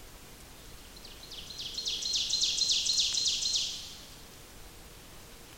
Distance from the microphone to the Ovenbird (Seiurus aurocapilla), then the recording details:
about 35 m. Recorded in boreal forest in Alberta, Canada, on 28 May 2016 at 06:52. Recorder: SongMeter 3, array SBT-3-49. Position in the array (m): 82 m, 256 m. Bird 14